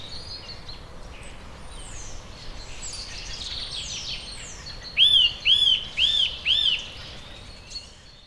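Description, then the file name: Eurasian nuthatch calls: four clear arched whistled notes near the end, about half a second apart, over soft background hiss. "Sitta europaea"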